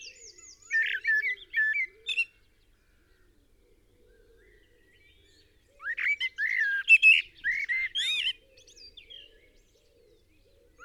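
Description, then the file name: Eurasian blackbird song in two bursts of fluty, looping notes topped with high squeaky flourishes, a long quiet gap between them and soft low background calls. "Turdus merula"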